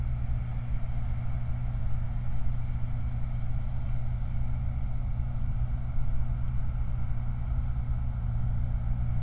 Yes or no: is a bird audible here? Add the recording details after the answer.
no. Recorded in the Prudhoe Bay oil fields, Alaska, on 29 July 2019. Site 29